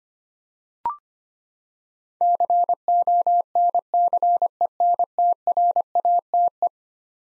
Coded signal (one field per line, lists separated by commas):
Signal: Morse code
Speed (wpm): 25 wpm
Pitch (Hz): 700 Hz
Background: none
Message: CONCENTRATE